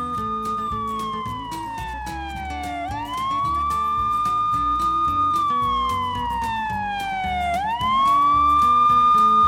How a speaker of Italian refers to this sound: Ehi, ma questa sirena non è dei chips!